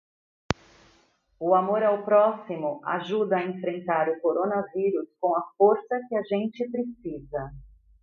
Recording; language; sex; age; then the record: spoken sentence; Brazilian Portuguese; female; 50 to 59 years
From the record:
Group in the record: control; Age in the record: 53 years